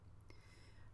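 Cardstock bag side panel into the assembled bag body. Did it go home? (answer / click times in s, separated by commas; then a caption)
yes / 0.3 s. The folded second side panel of a cut paper or cardstock spider web gift bag is pressed into the assembled bag body. It gives a single soft, short pop at 0.3 s over a steady low hum, and the side sits in place.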